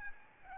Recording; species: mosquito wingbeat signal from an infrared sensor; Aedes albopictus